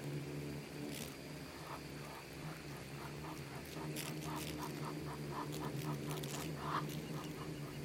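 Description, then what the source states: Swarming insects give a low humming drone overlaid with rapid repeated ticking pulses and a few loud clicks. Bugs and beetles swarming in the Namib desert, which seems quiet at first listen but is full of micro-sounds.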